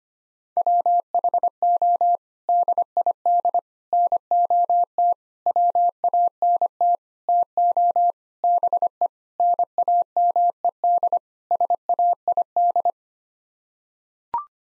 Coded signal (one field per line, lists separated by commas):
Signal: Morse code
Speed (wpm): 25 wpm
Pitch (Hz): 700 Hz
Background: none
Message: WHO DID NOT WANT TO BE NAMED SAID